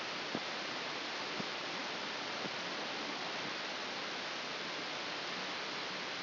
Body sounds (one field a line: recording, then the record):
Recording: brain microelectrode recording played as sound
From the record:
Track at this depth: inside the subthalamic nucleus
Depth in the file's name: 4.121 mm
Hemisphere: left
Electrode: 2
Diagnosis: Parkinson's disease